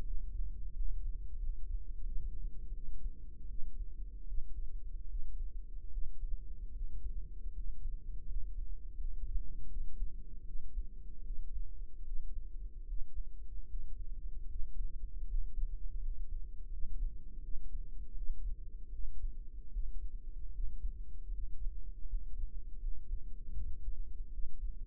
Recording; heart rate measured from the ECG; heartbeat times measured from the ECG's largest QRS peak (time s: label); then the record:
heart sounds by microphone in the right ear; 79 bpm
0.01 s: heartbeat
0.71 s: heartbeat
1.36 s: heartbeat
2.02 s: heartbeat
2.71 s: heartbeat
3.45 s: heartbeat
4.24 s: heartbeat
5.06 s: heartbeat
5.88 s: heartbeat
6.71 s: heartbeat
7.50 s: heartbeat
8.24 s: heartbeat
8.94 s: heartbeat
9.66 s: heartbeat
10.43 s: heartbeat
11.21 s: heartbeat
12.02 s: heartbeat
12.84 s: heartbeat
13.65 s: heartbeat
14.45 s: heartbeat
15.24 s: heartbeat
15.98 s: heartbeat
16.68 s: heartbeat
17.39 s: heartbeat
18.12 s: heartbeat
18.89 s: heartbeat
19.69 s: heartbeat
20.50 s: heartbeat
21.29 s: heartbeat
22.04 s: heartbeat
22.78 s: heartbeat
23.52 s: heartbeat
24.29 s: heartbeat
From the record:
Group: healthy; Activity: rest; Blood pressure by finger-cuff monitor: 100/56 mmHg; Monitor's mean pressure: 70 mmHg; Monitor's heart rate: 80 bpm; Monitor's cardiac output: 6.8 L/min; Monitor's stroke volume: 86 mL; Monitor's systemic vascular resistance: 720 dyn s/cm5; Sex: female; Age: 26 years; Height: 165 cm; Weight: 55 kg